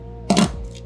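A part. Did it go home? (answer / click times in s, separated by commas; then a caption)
yes / 0.3 s. A camera cage plate is dropped into the Arca-Swiss quick-release clamp on a travel tripod head. A sharp click at 0.3 s is followed by a brief metallic rattle, and the plate locks in place.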